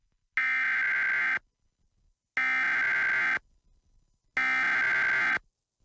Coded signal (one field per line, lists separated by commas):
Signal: Emergency Alert System (SAME) tones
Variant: header bursts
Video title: Emergency Alert System Flash Flood Warning for Los Angeles KWHY 22 - January 9, 2023